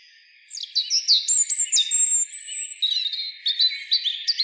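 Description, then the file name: European robin singing a continuous run of high, liquid, varied phrases, including a long sustained whistle that drops in pitch, followed by rapid twittering notes. "Erithacus rubecula"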